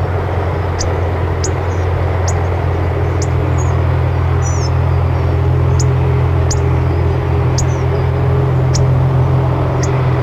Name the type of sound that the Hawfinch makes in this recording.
call